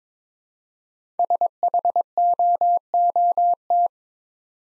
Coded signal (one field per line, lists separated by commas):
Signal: Morse code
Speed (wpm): 22 wpm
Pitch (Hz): 700 Hz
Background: none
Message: SHOOT